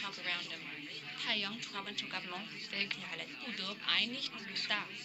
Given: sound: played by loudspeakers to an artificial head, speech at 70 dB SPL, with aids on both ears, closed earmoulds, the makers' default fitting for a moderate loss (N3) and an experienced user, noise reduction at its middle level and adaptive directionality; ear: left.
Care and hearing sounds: speech test signal (ISTS) in cocktail-party noise; 0 dB; in front (0 degrees)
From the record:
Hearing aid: class 1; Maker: D

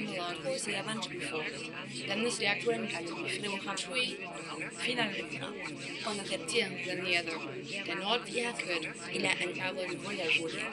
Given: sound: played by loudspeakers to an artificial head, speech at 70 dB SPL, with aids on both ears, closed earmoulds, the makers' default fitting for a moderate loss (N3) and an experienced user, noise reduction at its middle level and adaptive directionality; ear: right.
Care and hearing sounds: speech test signal (ISTS) in cocktail-party noise; -3 dB; in front (0 degrees)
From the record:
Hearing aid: class 2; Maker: C

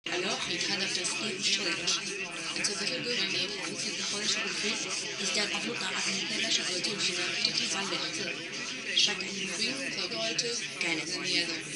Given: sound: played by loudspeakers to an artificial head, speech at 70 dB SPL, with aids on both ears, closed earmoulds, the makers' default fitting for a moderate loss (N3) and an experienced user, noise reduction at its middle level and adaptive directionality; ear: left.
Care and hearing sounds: speech test signal (ISTS) in cocktail-party noise; 0 dB; on the right (90 degrees)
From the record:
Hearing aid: class 1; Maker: B

